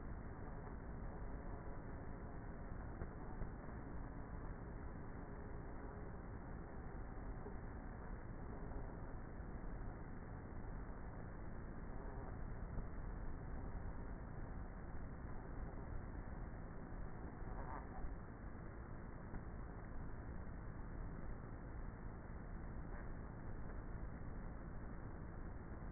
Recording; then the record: honeybee colony, microphone inside the hive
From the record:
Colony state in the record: queenless with a low population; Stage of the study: before two queens were removed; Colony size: about 30,000 bees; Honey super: no